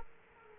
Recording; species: mosquito wingbeat signal from an infrared sensor; Aedes aegypti